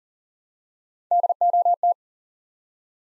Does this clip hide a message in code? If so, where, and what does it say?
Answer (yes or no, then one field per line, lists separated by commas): yes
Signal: Morse code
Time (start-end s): 1.1-1.9 s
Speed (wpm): 38 wpm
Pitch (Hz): 700 Hz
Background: none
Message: DOT